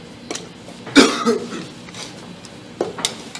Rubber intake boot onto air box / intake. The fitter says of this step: hear pop i manipulated that on